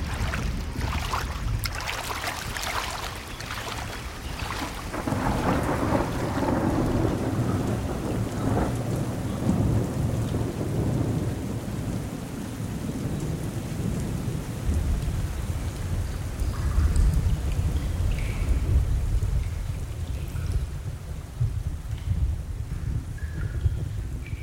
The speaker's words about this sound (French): Tourne un peu la tête de ce côté. Il y a un orage qui semble encore 10 fois pire que l'autre. Il s'en vient droit sur nous.